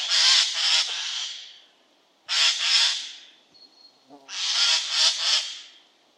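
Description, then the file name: Eurasian jay giving three hoarse, tearing screeches, roughly two seconds apart. "Garrulus glandarius"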